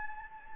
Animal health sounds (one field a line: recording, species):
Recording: mosquito wingbeat signal from an infrared sensor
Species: Anopheles gambiae